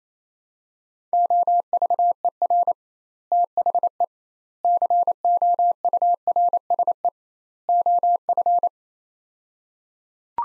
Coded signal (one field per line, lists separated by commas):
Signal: Morse code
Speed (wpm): 28 wpm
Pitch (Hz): 700 Hz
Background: none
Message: OVER THE COURSE OF